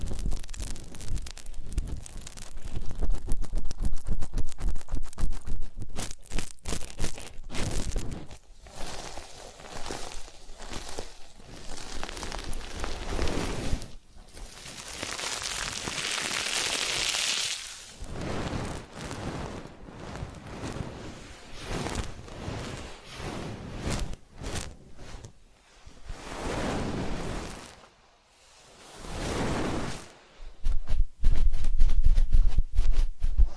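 Ear cleaning and massage sounds, made of dense crackling and rustling scratches that come in quick, uneven bursts. Around the middle a brighter, hissing swell rises, and later the sounds break into shorter strokes with brief quiet pauses before a loud crackly stretch at the end.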